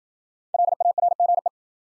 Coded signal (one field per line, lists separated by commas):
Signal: Morse code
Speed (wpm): 53 wpm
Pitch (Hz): 700 Hz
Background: none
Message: LARGE